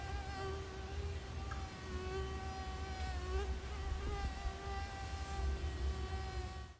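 Mosquito whine, a steady high thin hum with small pitch shifts, above a continuous low background rumble.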